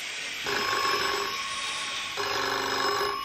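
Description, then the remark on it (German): A telephone rings twice, each ring a sustained burst of bright, trilling electronic tones separated by a short pause, heard on its own over a faint steady hiss. “Ja, schaff seit das blöde Telefon zu klingeln.”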